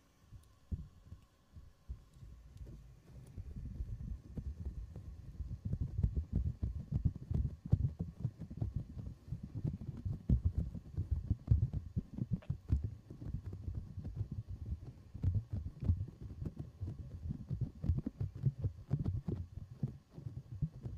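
Mic touching and rubbing on fuzzy and foam covers, a dense low thudding scrape with frequent sharp taps, steady from about one second on.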